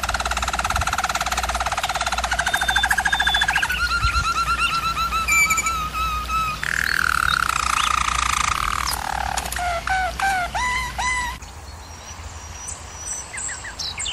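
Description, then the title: German Roller canary song moving from rapid rolling trills into bubbling phrases and separate rising whistled notes, with a steady low hum underneath. Canary training recording of a German Roller canary singing. "German Roller Canary Singing - Canary Training Vid"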